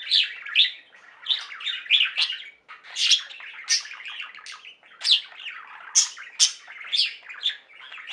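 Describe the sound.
Budgerigar calls: sharp squawky chirps and warbling notes repeated in quick, uneven bursts, with a few higher piercing squeaks throughout.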